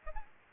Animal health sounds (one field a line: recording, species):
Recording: mosquito wingbeat signal from an infrared sensor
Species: Aedes albopictus